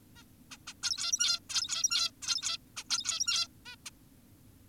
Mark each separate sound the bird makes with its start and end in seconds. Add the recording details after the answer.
0.16-0.23, 0.51-0.57, 0.67-0.74, 0.83-1.40, 1.50-2.11, 2.22-2.58, 2.77-2.84, 2.90-3.47, 3.66-3.76, 3.86-3.90. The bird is an adult. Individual g17y2U